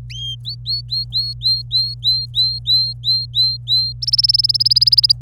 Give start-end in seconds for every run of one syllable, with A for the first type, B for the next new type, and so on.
0.44-3.92 A, 4.02-5.12 B